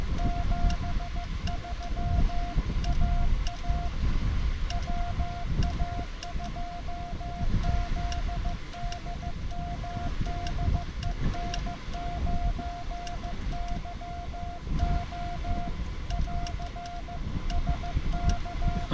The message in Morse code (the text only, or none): 73 AA WA2ZDM DE N9YO <AR> SK